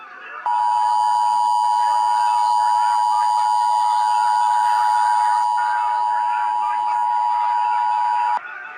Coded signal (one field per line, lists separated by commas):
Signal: Emergency Alert System (SAME) tones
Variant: 853 and 960 Hz attention tone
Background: speech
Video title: EAS Scenario Earth's Villain